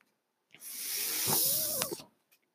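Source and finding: Home mechanical ventilator. Mechanical ventilator breath.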